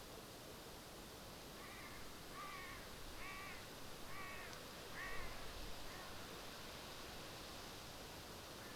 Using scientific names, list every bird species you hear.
Corvus corone